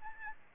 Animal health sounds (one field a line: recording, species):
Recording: mosquito wingbeat signal from an infrared sensor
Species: Aedes albopictus